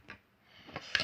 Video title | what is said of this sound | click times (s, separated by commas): review mp5 (gamecraft111) TKT | la batterie qui se clipse comme ça | 1.0 s